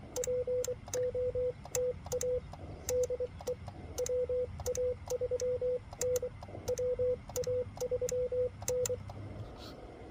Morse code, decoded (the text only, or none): POTA DE WA3N WA3N